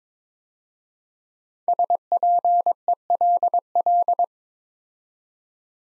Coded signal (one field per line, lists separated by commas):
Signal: Morse code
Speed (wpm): 22 wpm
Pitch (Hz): 700 Hz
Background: none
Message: SPELL